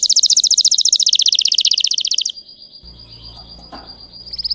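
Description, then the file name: Canary song opening with a very fast high trill, then a long steady whistled note, with a faint low rumble behind. Singing Belgian canary, red frosted colour variety. "canto do canario belga vermelho nevado"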